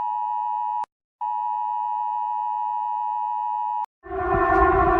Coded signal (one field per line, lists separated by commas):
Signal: Emergency Alert System (SAME) tones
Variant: 853 and 960 Hz attention tone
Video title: rating eas alarms